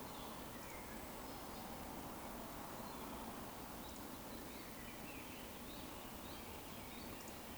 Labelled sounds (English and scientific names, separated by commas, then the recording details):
Eurasian Woodcock (Scolopax rusticola)
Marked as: woodcock, woodcock, woodcock
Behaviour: display flight
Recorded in Baden-Württemberg, Germany, on 16 June 2020 at 20:01 UTC
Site 14569, 102 m above sea level